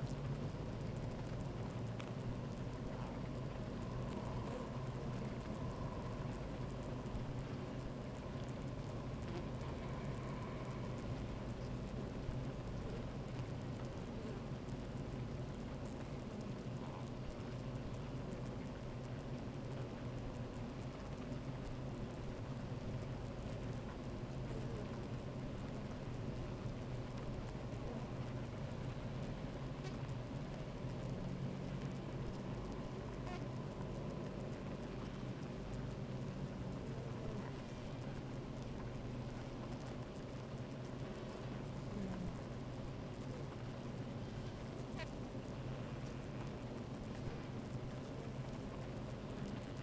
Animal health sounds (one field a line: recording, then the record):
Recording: honeybee colony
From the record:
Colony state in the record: active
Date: 28 July 2017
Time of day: 13:18